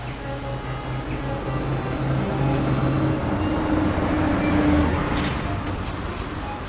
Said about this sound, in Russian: Подъехал автобус.